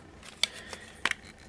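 Plastic leg parts of a robot toy are manipulated into their transformed position, with soft handling rustles between two sharp plastic clicks at 0.4 s and 1.1 s, the second followed immediately by a smaller click. The parts click into position and are seated.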